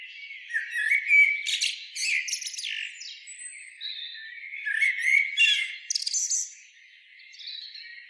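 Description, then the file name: Common blackbird, harsh squawking chatter in repeated bursts during the first six seconds, then a softer, quieter tail. "Turdus merula"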